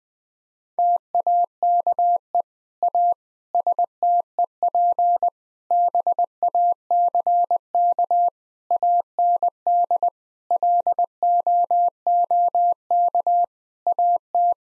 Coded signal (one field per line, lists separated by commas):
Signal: Morse code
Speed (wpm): 20 wpm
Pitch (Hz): 700 Hz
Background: none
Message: TAKE A STEP BACK AND LOOK AT